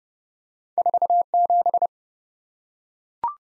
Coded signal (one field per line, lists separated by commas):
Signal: Morse code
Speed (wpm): 32 wpm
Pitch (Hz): 700 Hz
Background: none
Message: 47